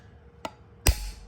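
A hammer taps a fuel injector's retaining clip onto the fuel rail cup of a GM 3.6 engine: a light tap at 0.5 s, then a sharper, louder strike at 0.9 s that produces a small click. Only one side of the clip seats; the other side is not all the way down.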